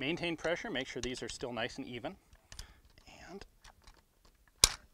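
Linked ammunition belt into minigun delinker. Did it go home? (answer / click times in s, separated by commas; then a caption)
yes / 4.6 s. Someone talks while the barrel cluster of an M134 minigun is rotated counter-clockwise, with upward pressure kept on the first round of a linked 7.62 ammunition belt, pulling it into the metal delinker. Faint ticks and rattles follow the talk, then a sharp, loud click at 4.6 s marks the second click. The belt is seated, and the delinker now holds it on its own.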